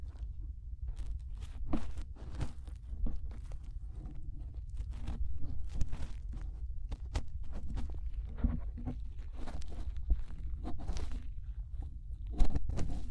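Fingers rub and scrape inside the ear, giving a dense run of short scratchy crackles and rustles over a constant deep muffled rumble. The crackles come irregularly, several per second, with a louder burst near the end.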